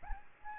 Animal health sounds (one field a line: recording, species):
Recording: mosquito wingbeat signal from an infrared sensor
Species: Aedes albopictus